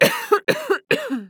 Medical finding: Female cough.